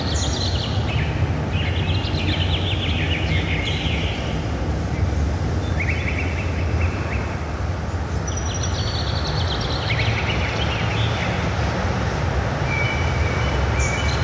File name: Zzz ASMR - Birds and Forest Pt 1